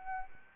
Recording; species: mosquito wingbeat signal from an infrared sensor; Anopheles arabiensis